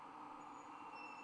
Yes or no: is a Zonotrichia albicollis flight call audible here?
no